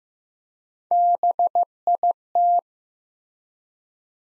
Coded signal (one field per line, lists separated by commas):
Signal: Morse code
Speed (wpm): 15 wpm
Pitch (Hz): 700 Hz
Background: none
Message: BIT